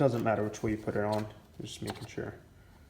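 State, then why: Not seated. A paper oil filter element is handled at the plastic oil filter housing cap of a BMW Z4 E85/E86 while someone talks throughout. Nothing has seated or clicked yet; the clip ends before the element snaps onto the cap.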